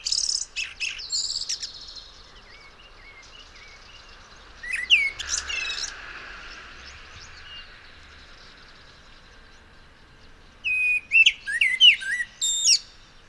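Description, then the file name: Common blackbird song: faint high notes at first, a short squeaky burst midway, then a louder phrase of whistles and thin twitters near the end, over a soft background hiss. "Turdus merula"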